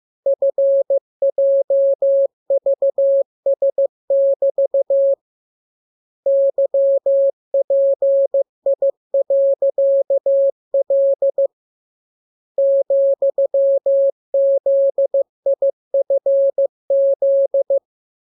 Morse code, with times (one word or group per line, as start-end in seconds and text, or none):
0.3-5.1 FJVS<BT>
6.3-11.5 YPI.L
12.6-17.8 ,ZIFZ